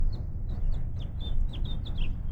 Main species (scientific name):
Haemorhous mexicanus